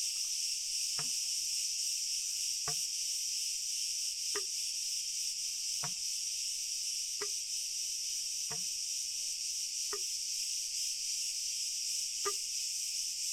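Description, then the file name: Crickets making a steady, shrill, unbroken high hum, with soft dripping blips repeating every second or two underneath. "Schlag Ton Grillen"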